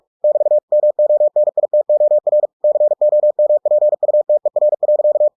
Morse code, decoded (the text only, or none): <BT> MONITOR COMPUTER.